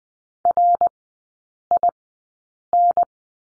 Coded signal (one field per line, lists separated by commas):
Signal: Morse code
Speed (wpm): 20 wpm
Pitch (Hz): 700 Hz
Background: none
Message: RIN